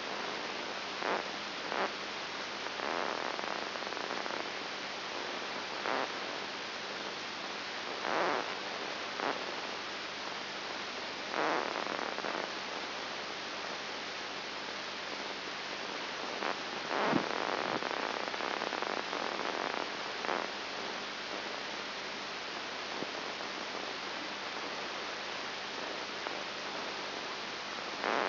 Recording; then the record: brain microelectrode recording played as sound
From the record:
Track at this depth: inside the subthalamic nucleus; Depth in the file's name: 4.901 mm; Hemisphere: left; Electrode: 3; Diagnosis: Parkinson's disease